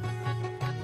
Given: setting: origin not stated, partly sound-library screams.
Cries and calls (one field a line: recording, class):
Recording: one-second piece from a danger detection set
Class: normal situation